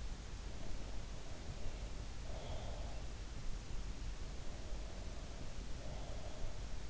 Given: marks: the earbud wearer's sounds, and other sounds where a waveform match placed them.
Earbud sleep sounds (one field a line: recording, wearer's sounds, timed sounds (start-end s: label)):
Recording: sounds in sleep by an in-ear microphone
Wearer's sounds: breath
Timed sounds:
0.89-2.81 s: breath
4.11-6.34 s: breath